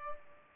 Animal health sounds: mosquito wingbeat signal from an infrared sensor; Culex pipiens

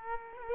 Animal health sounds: mosquito wingbeat signal from an infrared sensor; Aedes aegypti

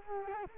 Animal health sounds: mosquito wingbeat signal from an infrared sensor; Culex quinquefasciatus

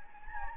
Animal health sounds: mosquito wingbeat signal from an infrared sensor; Anopheles gambiae

